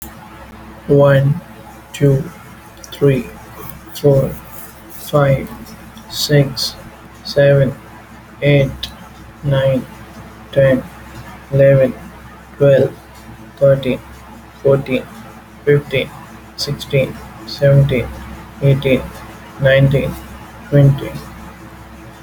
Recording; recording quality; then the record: counting at a normal pace; excellent, no background noise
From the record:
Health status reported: respiratory illness, not identified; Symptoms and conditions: asthma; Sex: male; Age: 27 years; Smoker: not ticked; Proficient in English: yes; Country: India